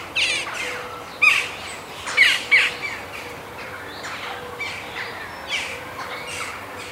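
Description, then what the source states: Western jackdaw calls: short, sharp squawking 'chack' notes given irregularly, some louder than others. Several jackdaws at Whitchurch, 14 June 2014, 15:45; high-pass filtered at 80.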